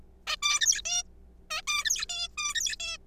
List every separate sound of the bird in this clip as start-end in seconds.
0.27-0.36, 0.43-0.81, 0.85-1.03, 1.50-1.62, 1.67-1.84, 1.85-2.05, 2.09-2.28, 2.38-2.54, 2.55-2.76, 2.80-2.97